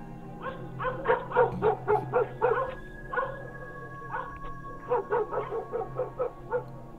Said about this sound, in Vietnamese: Tiếp theo, hai con chó mực ở ngoài sân chả biết là bị làm sao, cứ thế mà quay đầu vào trong nhà, sủa như điên như dại, mắt cứ long sòng sọc nhìn chằm chằm vào cái quan tài, nhe răng nhẻo nước dãi thề lè ra.